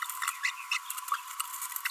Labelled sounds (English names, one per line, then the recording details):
Green-rumped Parrotlet babbling
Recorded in a nest box in Venezuela
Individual 18B25A5